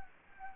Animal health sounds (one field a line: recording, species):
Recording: mosquito wingbeat signal from an infrared sensor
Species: Anopheles gambiae